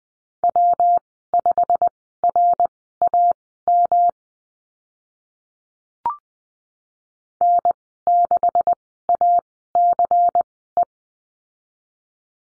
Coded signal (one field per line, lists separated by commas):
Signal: Morse code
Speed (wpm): 20 wpm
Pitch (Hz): 700 Hz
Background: none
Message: W5RAM N6ACE